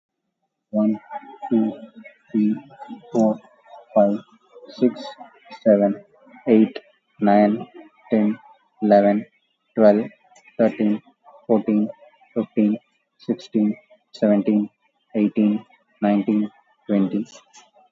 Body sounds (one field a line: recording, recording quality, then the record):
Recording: counting at a normal pace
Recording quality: excellent, no background noise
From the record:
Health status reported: COVID-19 positive, moderate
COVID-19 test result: positive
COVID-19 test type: RT-PCR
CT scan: taken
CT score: 0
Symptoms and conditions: cough, cold, breathing difficulty, sore throat, fever, fatigue, muscle pain, diarrhoea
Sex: male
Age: 31 years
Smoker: no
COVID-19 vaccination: none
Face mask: worn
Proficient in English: yes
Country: India